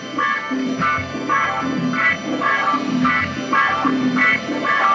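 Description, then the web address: Bird giving nasal, harmonic calls repeated in a steady series. "disc spectra bird"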